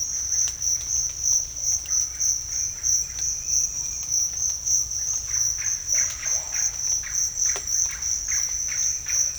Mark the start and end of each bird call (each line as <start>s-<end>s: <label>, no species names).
1.67s-3.40s: bird call
4.77s-9.30s: bird call